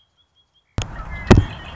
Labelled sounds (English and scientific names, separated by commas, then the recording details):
Red-winged Blackbird (Agelaius phoeniceus)
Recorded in Sonoma County, California